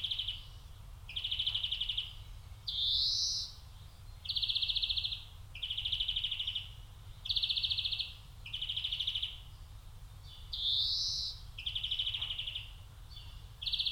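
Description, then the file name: European greenfinch song: buzzy trilled phrases in close succession, twice interspersed with a rising wheeze; low steady rumble underneath. "Chloris chloris"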